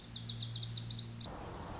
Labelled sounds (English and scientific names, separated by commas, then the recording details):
Lazuli Bunting (Passerina amoena)
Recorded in Sonoma County, California